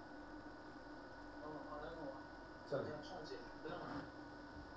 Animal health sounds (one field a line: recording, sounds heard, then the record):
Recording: poultry house recording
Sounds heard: no chicken sound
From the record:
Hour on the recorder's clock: 6